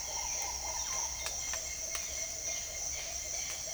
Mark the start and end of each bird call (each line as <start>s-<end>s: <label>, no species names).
0.00s-3.74s: bird call